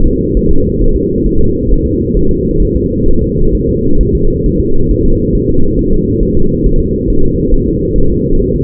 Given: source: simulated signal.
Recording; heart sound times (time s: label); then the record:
fetal heart sounds
0.06 s: S2
0.37 s: S1
0.51 s: S2
0.82 s: S1
0.96 s: S2
1.26 s: S1
1.40 s: S2
1.71 s: S1
1.86 s: S2
2.17 s: S1
2.31 s: S2
2.62 s: S1
2.76 s: S2
3.08 s: S1
3.22 s: S2
3.55 s: S1
3.69 s: S2
4.01 s: S1
4.15 s: S2
4.46 s: S1
4.60 s: S2
4.91 s: S1
5.05 s: S2
5.35 s: S1
5.49 s: S2
5.79 s: S1
5.93 s: S2
6.23 s: S1
6.37 s: S2
6.66 s: S1
6.80 s: S2
7.10 s: S1
7.24 s: S2
7.54 s: S1
7.68 s: S2
7.98 s: S1
8.12 s: S2
8.42 s: S1
8.56 s: S2
From the record:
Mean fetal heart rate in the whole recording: 135 bpm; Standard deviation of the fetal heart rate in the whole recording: 3 bpm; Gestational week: 36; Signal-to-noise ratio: -19.1 dB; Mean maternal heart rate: 72 bpm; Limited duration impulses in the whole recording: present